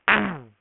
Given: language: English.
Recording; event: throat vibration sensor signal played as sound; throat clearing